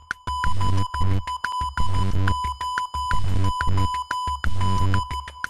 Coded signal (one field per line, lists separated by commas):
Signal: Morse code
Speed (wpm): 14 wpm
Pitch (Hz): 1000 Hz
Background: music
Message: BLOOD